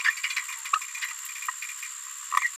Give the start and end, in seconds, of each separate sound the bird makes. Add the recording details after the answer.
0.05-0.10, 0.23-0.28, 0.36-0.40, 0.73-0.78. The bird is a female. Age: 26 days. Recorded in a nest box in Venezuela. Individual 17B73B3